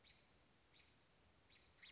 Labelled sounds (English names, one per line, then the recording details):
American Robin
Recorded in Sonoma County, California